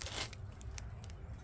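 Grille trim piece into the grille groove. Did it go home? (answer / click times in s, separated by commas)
no / none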